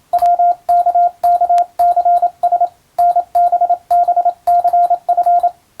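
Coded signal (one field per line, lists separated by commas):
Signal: Morse code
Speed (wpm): 27 wpm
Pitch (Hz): 700 Hz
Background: radio noise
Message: WKKCS NBBCF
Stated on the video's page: English Morse practice for the Japanese radio operator exam, sent by a first-class radiotelegraph operator.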